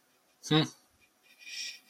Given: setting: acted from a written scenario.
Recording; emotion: vocal sound without words; neutral